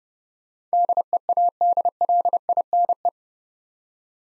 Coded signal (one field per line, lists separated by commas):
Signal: Morse code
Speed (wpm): 29 wpm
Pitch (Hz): 700 Hz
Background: none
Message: DEADLINE